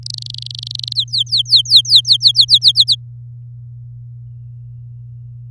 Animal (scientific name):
Serinus canaria